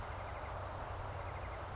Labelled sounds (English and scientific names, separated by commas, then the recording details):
Western Flycatcher (Empidonax difficilis)
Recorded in Sonoma County, California